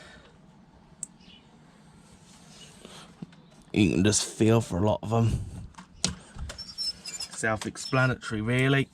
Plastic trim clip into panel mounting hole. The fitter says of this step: then push them in to click till you hear a click.